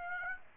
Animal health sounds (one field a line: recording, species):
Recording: mosquito wingbeat signal from an infrared sensor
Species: Aedes aegypti